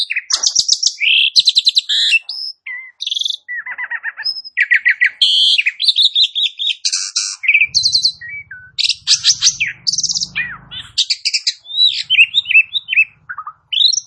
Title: Bunyi Jalak Suren